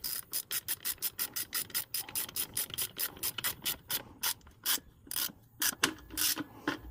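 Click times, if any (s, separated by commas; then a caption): none. A ratchet turns the mounting bolt of a replacement MAP sensor in its threaded hole on a truck engine, making a steady run of quick, evenly spaced ratcheting clicks that slow into fewer, sharper strokes toward the end. Nothing has seated or clicked into place; the bolt's thread strips.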